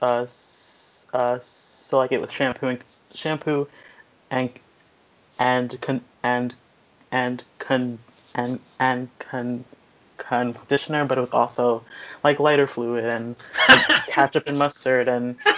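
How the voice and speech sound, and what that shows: Adult woman's speech with repeated part-word sounds ("and-and-and", "con-con-conditioner"), prolongations and silent blocks: stuttering, present since age 3.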